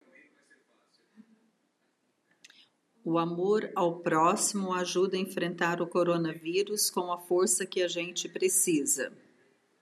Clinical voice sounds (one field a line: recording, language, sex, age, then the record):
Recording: spoken sentence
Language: Brazilian Portuguese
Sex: female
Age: 50 to 59 years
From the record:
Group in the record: control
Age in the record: 50 years